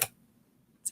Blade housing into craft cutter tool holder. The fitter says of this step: and you'll hear it click it's